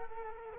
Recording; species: mosquito wingbeat signal from an infrared sensor; Culex quinquefasciatus